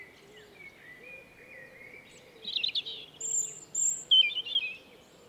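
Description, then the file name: European robin: thin, high squeaky notes and short warbled phrases, with a faint lower thin whistle earlier and steady background hiss. "Erithacus rubecula"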